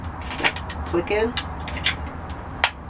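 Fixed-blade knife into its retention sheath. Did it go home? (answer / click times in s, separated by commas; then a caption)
yes / 2.6 s. A fixed-blade knife is slid back into its molded retention sheath rather than being left unsheathed, over a low background hum while someone talks. Some light handling clicks come first, then the blade snaps and locks into the sheath with a sharp click at 2.6 seconds, seating securely.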